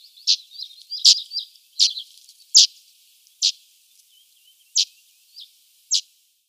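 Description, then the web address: Reed bunting giving thin, high-pitched calls, sharp short notes sounding irregularly about once a second, with faint softer twittering between them early on. "Schulze Peter Reed Bunting calls"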